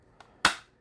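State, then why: Seated. A plastic firing cannon is pushed into its wing mount on a Star Wars The Vintage Collection B-Wing Fighter toy starfighter. A faint tick at 0.2 s is followed by a sharp, bright snap at 0.5 s that quickly fades. The cannon snaps firmly into place.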